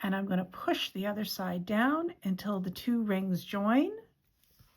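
Someone talks while closing a metal jump ring holding a charm for a knotted pearl necklace with pliers, holding one side steady and pushing the other side down until the two ends meet. After the talking stops, only faint soft sounds follow near the end, and nothing has clicked or snapped into place yet.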